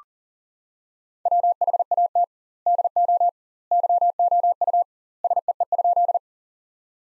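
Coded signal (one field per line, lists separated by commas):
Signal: Morse code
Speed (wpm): 40 wpm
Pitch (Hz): 700 Hz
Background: none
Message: WHAT DO YOU SEE?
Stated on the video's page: Morse practice sentences from the top 100 words at 40 wpm with double word spacing, a Farnsworth-like method.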